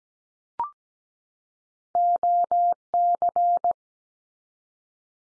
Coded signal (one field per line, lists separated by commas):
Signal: Morse code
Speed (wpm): 17 wpm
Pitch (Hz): 700 Hz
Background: none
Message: OC